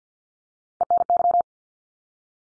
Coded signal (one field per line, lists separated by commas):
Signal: Morse code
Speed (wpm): 48 wpm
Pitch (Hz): 700 Hz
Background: none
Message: ENY